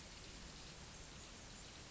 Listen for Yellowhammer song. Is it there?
no